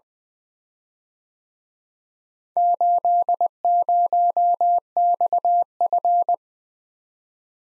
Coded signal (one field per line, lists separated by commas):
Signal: Morse code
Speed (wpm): 21 wpm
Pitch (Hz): 700 Hz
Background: none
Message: 80XF